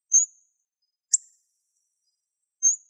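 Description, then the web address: Hawfinch calls, three very high, thin, sharp ticking notes, the middle one an abrupt click, spaced over three seconds in otherwise silent surroundings. "Coccothraustes coccothraustes"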